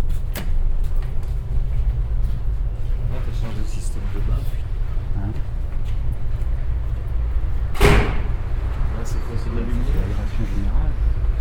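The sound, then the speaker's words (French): A sliding door opens and closes, giving a brief swish near the start and a louder whooshing burst later, over a constant low rumble with murmuring voices. “Alors par contre ces portes-là, je ne trouve pas génial.”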